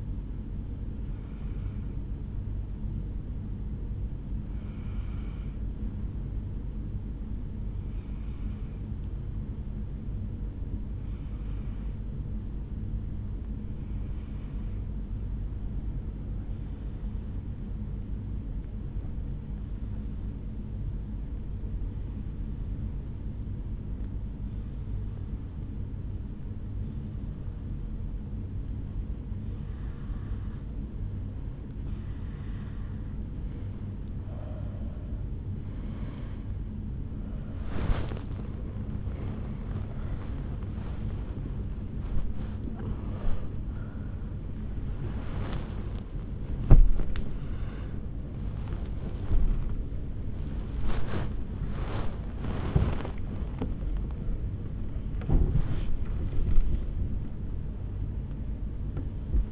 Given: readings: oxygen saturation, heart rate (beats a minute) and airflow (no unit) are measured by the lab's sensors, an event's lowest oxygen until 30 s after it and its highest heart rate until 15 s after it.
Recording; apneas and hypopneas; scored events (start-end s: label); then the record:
breathing in sleep by a smartphone at the bedside; 1
0.00-11.00 s: awake
1.00-31.00 s: new sleep stage, N1 (lightest sleep)
11.00-36.40 s: hypopnea (N1, oxygen 97% highest, then 90% lowest, heart rate 72 at the start, 78 highest)
31.00-59.51 s: new sleep stage, awake
33.00-59.51 s: awake
From the record:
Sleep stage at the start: awake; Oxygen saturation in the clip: 90 to 98%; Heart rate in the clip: 64 to 83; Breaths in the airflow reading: 17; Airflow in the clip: -9.6 to 10.8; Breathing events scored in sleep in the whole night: 449 in 7.0 hours asleep